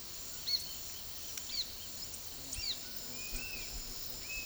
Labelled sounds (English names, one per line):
Gray-capped Flycatcher
Yellow-crowned Tyrannulet